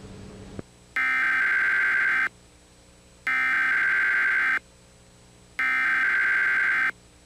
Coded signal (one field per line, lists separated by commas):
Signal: Emergency Alert System (SAME) tones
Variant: header bursts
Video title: EAS Scenario - Showbiz Pizza